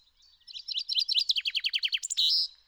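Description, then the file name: Common chaffinch song: one full phrase of quick notes turning into downward-sweeping notes, ending in a short bright flourish, clear and unaccompanied. "Fringilla coelebs"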